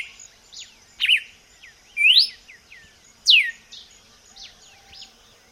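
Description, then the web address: Red-cowled cardinal whistling three loud slurred notes about a second apart, with fainter notes and a high buzzing insect chorus. "vocs paroaria dominicana"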